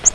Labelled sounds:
Virginia's Warbler (Leiothlypis virginiae) flight call

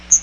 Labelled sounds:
Chestnut-sided Warbler (Setophaga pensylvanica) flight call

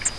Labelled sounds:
Grace's Warbler (Setophaga graciae) flight call

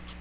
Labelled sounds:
Magnolia Warbler (Setophaga magnolia) flight call

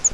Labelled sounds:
Grace's Warbler (Setophaga graciae) flight call

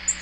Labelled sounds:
Black-throated Green Warbler (Setophaga virens) flight call

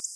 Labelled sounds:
Black-throated Blue Warbler (Setophaga caerulescens) flight call

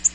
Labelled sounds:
Nashville Warbler (Leiothlypis ruficapilla) flight call

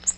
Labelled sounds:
Nashville Warbler (Leiothlypis ruficapilla) flight call

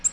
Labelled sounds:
Nashville Warbler (Leiothlypis ruficapilla) flight call

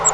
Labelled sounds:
Grace's Warbler (Setophaga graciae) flight call

